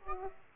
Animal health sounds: mosquito wingbeat signal from an infrared sensor; Aedes aegypti

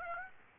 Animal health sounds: mosquito wingbeat signal from an infrared sensor; Aedes aegypti

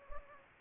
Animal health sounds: mosquito wingbeat signal from an infrared sensor; Anopheles gambiae

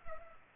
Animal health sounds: mosquito wingbeat signal from an infrared sensor; Culex pipiens

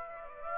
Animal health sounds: mosquito wingbeat signal from an infrared sensor; Aedes aegypti

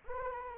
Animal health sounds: mosquito wingbeat signal from an infrared sensor; Anopheles arabiensis

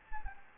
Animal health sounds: mosquito wingbeat signal from an infrared sensor; Anopheles gambiae

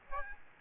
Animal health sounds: mosquito wingbeat signal from an infrared sensor; Aedes aegypti

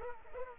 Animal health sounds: mosquito wingbeat signal from an infrared sensor; Culex pipiens

